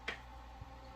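The plastic back shell of a rugged Poetic Guardian phone case is pushed down onto a Samsung Galaxy A54 5G and the case's front frame. A sharp click sounds at 0.1 s, followed by a softer low thump around 0.6 s. The back shell is seated and clicked into place.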